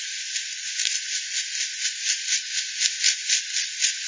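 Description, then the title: Bat echolocation pulses as soft, rhythmic ticking over steady hiss. Multiple bats at the Hogsmill River by Hogsmill Lane, 7 October 2020, 18:10; frequency-division recording (FD10), bandpass-filtered and resampled. "WW bat 20201007 T 18 : 10 Z-Hogsmill-Lane-Hogsmill-River-multiple-bats-FD 10"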